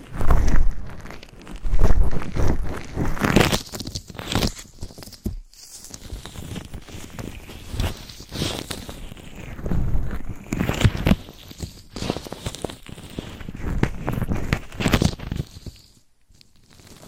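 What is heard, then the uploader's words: Ear scratching and brushing, a steady stream of dense, dry rustles and scrapes with rapid strokes that swell and fade every second or two. Brief near-silent gaps break it around five and sixteen seconds, and louder scraping bursts return after each pause. ASMR Massage Inside Your Ears Ear Scratching & Brushing. No Talking.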